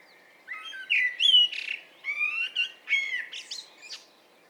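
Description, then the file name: Common blackbird song phrase of rich whistled notes running into a string of rapid, squeaky high twitters. "Turdus merula"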